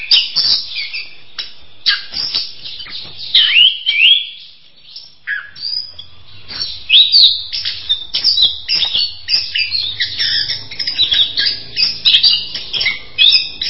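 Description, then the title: Songbird chattering in a fast, jumbled stream of sharp chips, rising whistles and squeaky notes, with a brief lull about a third of the way through. "kikicau"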